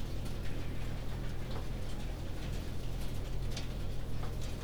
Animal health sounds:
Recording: poultry house recording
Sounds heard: no chicken sound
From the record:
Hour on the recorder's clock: 20

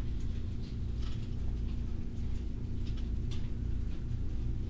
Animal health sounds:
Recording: poultry house recording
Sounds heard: no chicken sound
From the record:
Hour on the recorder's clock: 20

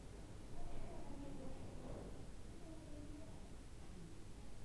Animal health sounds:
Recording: poultry house recording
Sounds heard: no chicken sound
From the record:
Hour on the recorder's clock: 14

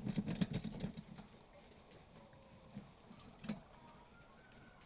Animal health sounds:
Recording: poultry house recording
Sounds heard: healthy chickens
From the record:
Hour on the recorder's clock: 19

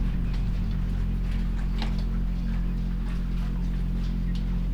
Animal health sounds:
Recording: poultry house recording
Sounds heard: sick chickens (respiratory disease)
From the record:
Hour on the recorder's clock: 21

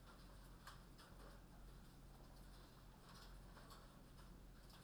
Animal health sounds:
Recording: poultry house recording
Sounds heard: no chicken sound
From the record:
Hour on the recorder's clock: 22

